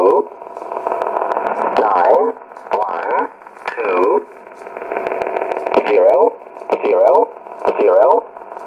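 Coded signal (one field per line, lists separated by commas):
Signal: numbers station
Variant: E07a, English male voice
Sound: male voice speaking short spaced words through narrow shortwave audio with steady hiss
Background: radio static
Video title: 15 06 2017 Numbers station E07a English Man in English to Eu 0450 on 9133 in USB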